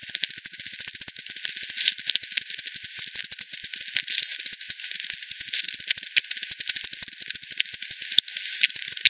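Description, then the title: Bat echolocation as steady, rapid ticking, the pulses running almost without pause throughout. Multiple bats at the Hogsmill River, Hogsmill Lane, 7 October 2020 at 18:10; FD10 recording, band-pass filtered and resampled. "WW bat 20201007 T 18 : 10 Z-Hogsmill-Lane-Hogsmill-River-multiple-bats"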